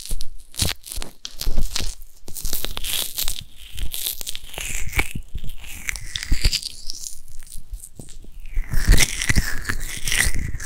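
An ear massage of dense, crinkly rubbing and tearing-like crunches, with shifting whistly squeaks in the second half and constant scratchy texture.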